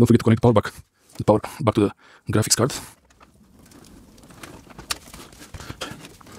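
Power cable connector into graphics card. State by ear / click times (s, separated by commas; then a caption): seated / 4.9 s. Someone talks for the first three seconds, then a PCIe power cable connector is plugged back into a graphics card amid soft handling noises. A sharp click at 4.9 s marks the connector latching in, followed by a few quieter taps. The connector is seated all the way in.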